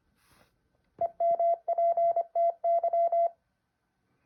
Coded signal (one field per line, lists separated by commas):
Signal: Morse code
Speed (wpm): 26 wpm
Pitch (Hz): 680 Hz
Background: none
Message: EMPTY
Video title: How to practice Morse code